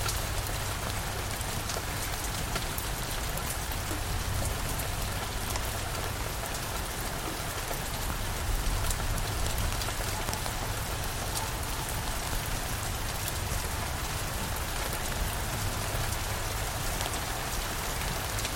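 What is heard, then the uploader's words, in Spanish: Night rain falls steadily and densely, a bright even hiss of drops with a low constant rumble underneath, unchanging throughout. La lluvia nocturna con truenos distantes. El suave ritmo relajante de una ligera lluvia. Sumérgete en la armoniosa cascada de gotas de lluvia mientras bailan sobre hojas y tejados. Un retumbo distante de truenos añade un toque de ambiente natural.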